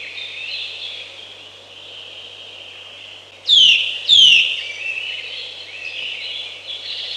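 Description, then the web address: Eurasian nuthatch calling: two loud, sharply descending notes in quick succession, over steady background noise. "Przyroda Ptaki Kowalik"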